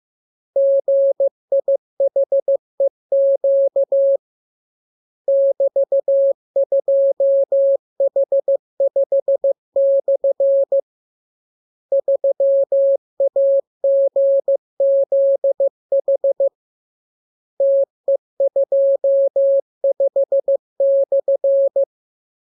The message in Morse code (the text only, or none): GIHEQ <BT>2H5/ 3AGZH TE25/